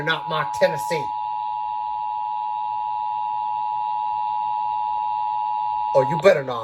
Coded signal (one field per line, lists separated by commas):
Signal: Emergency Alert System (SAME) tones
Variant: 853 and 960 Hz attention tone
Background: speech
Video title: MONTHLIES + 3 DAYS OF MARGINAL CHAOS - EAS Alerts From 5/23/23 - 5/25/23 (EAS #226-257)